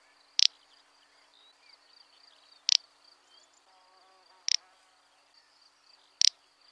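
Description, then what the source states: Little bustard song: a short, dry, snorting click repeated about every two seconds over a steady high insect hum. Little-known bird with a very distinctive song, in meadows among cereal fields on the Champagne de Méron, south of Saumur, France; a small migratory group returns yearly; critically endangered.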